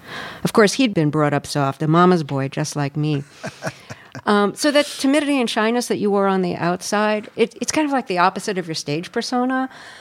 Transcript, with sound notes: Of course, he'd been brought up soft, a mama's boy, just like me.
(Laughter).
So that timidity and shyness that you were on the outside, it's kind of like the opposite of your stage persona.